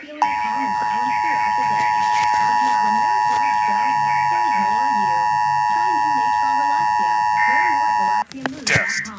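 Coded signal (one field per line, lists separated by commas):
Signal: Emergency Alert System (SAME) tones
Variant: 853 and 960 Hz attention tone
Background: speech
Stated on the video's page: Pennsylvania statewide EAS Required Monthly Test, received on radio, cable, streaming and TV stations.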